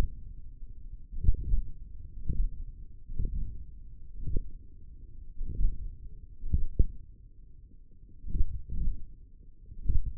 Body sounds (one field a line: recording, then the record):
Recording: forearm muscle sounds (acoustic myography)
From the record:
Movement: hand closing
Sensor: system 1, eight BSWA MPA416 microphones around the upper forearm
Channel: 2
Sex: male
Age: 42 years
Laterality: right